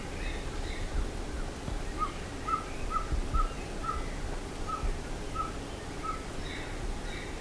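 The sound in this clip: Bird calls, a series of short, clear notes given roughly every half second through the middle, over a steady low rumble.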